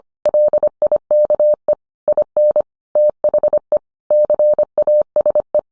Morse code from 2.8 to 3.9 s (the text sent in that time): THE